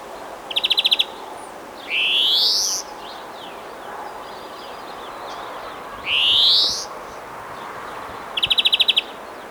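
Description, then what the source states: Birds singing: short buzzy trills near one second and nine seconds, and two loud rising whistled phrases around two and six seconds, over a steady hiss. Birds singing in the early morning.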